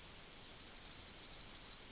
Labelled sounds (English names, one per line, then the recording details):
Yellowhammer song
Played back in forest
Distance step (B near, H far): C
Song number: 031